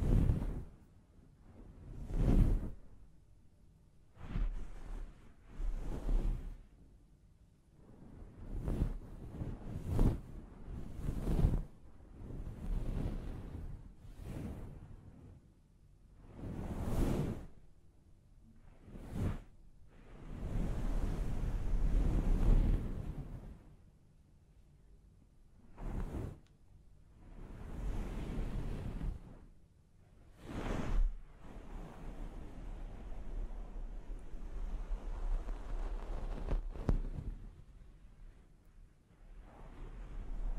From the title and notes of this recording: ASMR Sleep Clinic Personal Attention Scalp Massage, Hair Wash (No Talking).